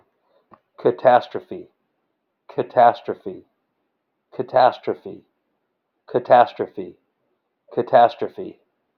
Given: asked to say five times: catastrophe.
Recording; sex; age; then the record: repeated word; male; 40 to 49 years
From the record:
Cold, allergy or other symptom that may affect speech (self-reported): no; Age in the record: 43 years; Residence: North Carolina, United States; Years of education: 16